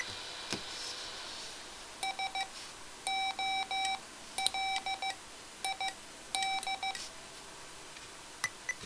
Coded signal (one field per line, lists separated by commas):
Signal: Morse code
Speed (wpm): 15 wpm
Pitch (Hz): 770 Hz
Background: none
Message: SOLID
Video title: Mr. Rags Macro Keyer - Pt. 4 - Recording Soft Macros